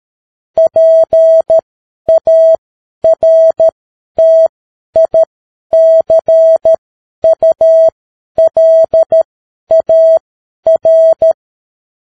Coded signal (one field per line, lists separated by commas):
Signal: Morse code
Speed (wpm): 13 wpm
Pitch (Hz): 650 Hz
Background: none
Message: PARTICULAR